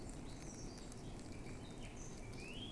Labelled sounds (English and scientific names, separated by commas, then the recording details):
Eurasian Blackcap (Sylvia atricapilla)
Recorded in Germany
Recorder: ecoPi